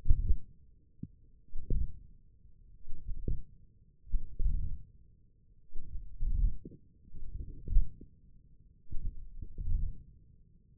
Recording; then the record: forearm muscle sounds (acoustic myography)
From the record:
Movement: hand closing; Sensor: system 1, eight BSWA MPA416 microphones around the upper forearm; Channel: 3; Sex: male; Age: 20 years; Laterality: left